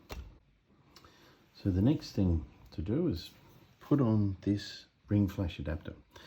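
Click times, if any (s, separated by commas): 0.1 s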